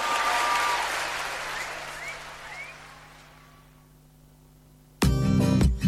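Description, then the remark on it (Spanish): Loud, dense applause with some higher-pitched whoops that gradually fades out over a few seconds, followed by a brief lull and then an abrupt, loud new sound starting near the end. “Fuertes aplausos para los ambientalistas del aire acondicionado.”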